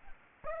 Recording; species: mosquito wingbeat signal from an infrared sensor; Aedes aegypti